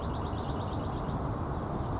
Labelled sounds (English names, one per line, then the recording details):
Grasshopper Sparrow
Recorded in Sonoma County, California